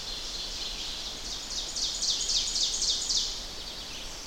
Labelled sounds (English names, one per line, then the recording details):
Ovenbird song
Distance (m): 60 m
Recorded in boreal forest in Alberta, Canada, on 10 June 2016 at 07:01
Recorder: SongMeter 3, array SBT-3-39
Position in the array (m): 231 m, 95 m
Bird 17